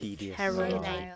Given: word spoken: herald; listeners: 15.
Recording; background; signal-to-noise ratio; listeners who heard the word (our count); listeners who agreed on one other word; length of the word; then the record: one English word in noise, from a listening test; four-talker babble; 0.7 dB; 2 of 15; 8 of 15; 0.76 s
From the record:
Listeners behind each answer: 8, 2, 2, 2, 1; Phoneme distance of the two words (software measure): 17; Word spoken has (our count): 2 syllables, 6 phonemes, stress on syllable 1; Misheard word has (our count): 2 syllables, 5 phonemes, stress on syllable 1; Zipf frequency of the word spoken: 3.47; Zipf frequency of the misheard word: 3.25